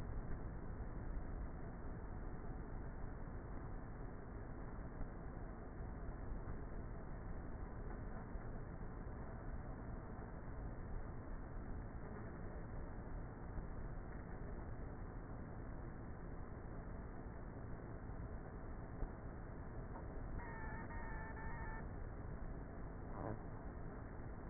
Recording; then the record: honeybee colony, microphone inside the hive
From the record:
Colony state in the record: queenless with a low population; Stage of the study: before two queens were removed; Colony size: about 30,000 bees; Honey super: no